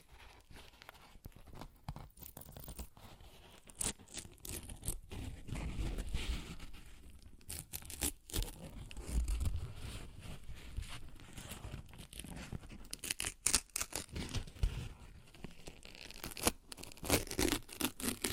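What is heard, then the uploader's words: Paper is ripped and torn in a long series of short, rough bursts, some quick and crackly, others drawn out and fuller. The tearing comes in irregular clusters throughout, with a dense, louder stretch from around five to twelve seconds and brief pauses between. ASMR Paper Ripping Tearing Sounds (No Talking).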